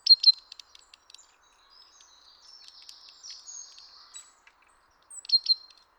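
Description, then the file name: Great tit calls: sharp, high chipping notes in quick clusters at the start and again near the end, with faint thin twittering between them. "Parus major"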